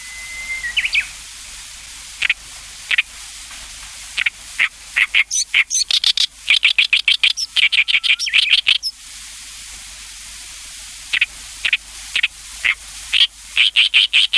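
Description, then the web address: Oriental reed warbler song: harsh, grating chattering notes in rapid uneven bursts, with a brief thin whistle near the start and pauses between phrases, one of about two seconds. "sikioto. ooyoshikiri"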